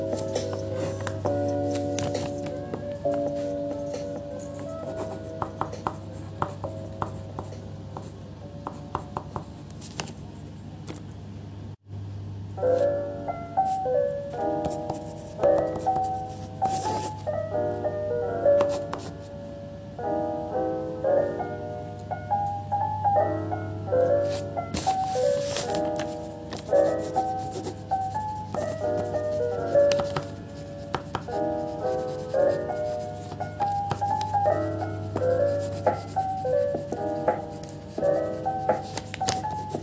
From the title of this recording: bg music and scribbling sounds